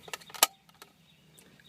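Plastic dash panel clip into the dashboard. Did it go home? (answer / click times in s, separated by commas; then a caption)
yes / 0.4 s. A plastic dash panel on a 2001-2004 Toyota Tacoma is slid back into the dashboard and its top clip is pressed home. Several sharp plastic clicks and rattles come at the start, the loudest at 0.4 s as the top clip clicks into place, followed by a few faint taps over low background hum. The clip is seated.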